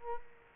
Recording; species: mosquito wingbeat signal from an infrared sensor; Culex quinquefasciatus